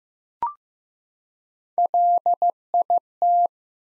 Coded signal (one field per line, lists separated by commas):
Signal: Morse code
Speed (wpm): 15 wpm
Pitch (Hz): 700 Hz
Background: none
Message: LIT